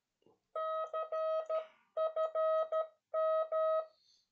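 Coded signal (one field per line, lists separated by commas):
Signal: Morse code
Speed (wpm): 12 wpm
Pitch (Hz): 640 Hz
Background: music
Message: CFM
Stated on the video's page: Spanish Morse code lesson on service abbreviations from a naval communications engineering school.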